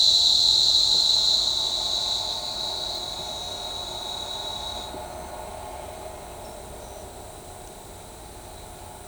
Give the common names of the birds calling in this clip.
none